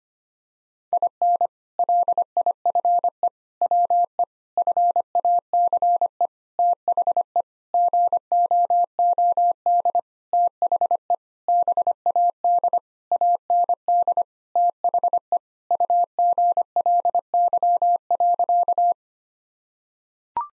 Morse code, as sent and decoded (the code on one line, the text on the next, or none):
.. -. / .-.. .. ..-. . / .-- . / ..-. .- -.-. . / - .... . / --. --- --- -.. / - .... . / -... .- -.. / .- -. -.. / - .... . / ..- --. .-.. -.-- .-.-.-
IN LIFE WE FACE THE GOOD THE BAD AND THE UGLY.